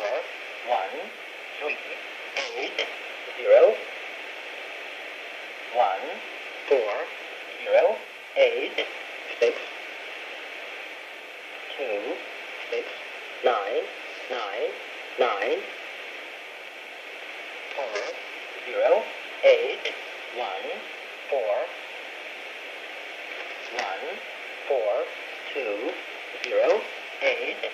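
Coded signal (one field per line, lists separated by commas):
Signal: numbers station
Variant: E07 English Man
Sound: male voice reading English digits in five-figure groups over shortwave noise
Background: radio static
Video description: Russian Numbers Station E07 11540 khz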